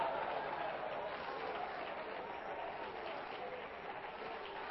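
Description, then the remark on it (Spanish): A church audience claps together in sustained applause for the Lord during a Spanish-language sermon, a dense, steady patter of many hands that holds at an even level throughout without fading. “¿Cuántos le damos un aplauso al Señor?”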